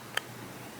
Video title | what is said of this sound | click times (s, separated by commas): New Crochet Hook Review RH knitters Crochet hook | Like when it closes all the way, it goes click. | 0.2 s